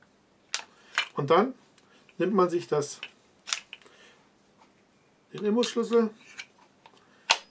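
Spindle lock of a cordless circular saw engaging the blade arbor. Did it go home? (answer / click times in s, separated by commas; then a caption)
yes / 7.3 s. On a Bosch GKS 12V 26 cordless circular saw, during a blade change, the spindle lock at the back is pressed and the hex key is turned until the lock catches on the blade arbor. Someone talks over a few light taps and handling sounds, then a sharp click at 7.3 s marks the spindle lock engaging, confirming it has seated.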